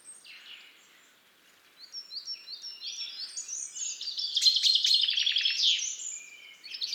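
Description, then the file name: Common chaffinch gives a loud song with a trill of bright notes, preceded by softer thin whistles and chirps. "Fringilla coelebs"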